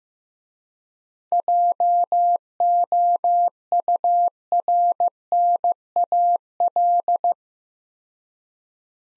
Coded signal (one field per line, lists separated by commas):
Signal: Morse code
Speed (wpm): 15 wpm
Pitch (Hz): 700 Hz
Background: none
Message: JOURNAL